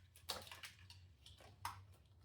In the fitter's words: Clicks right in.